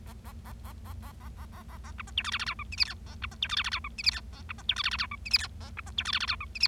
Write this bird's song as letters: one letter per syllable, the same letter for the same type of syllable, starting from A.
A A A A A A A A A A A B C D E F F G H I J K A B C D E F F G H I J K A B C D E F F G H I J K A B C D E F F G H I J